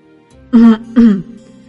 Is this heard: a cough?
yes